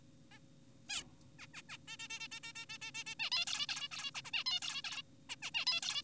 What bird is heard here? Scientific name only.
Taeniopygia guttata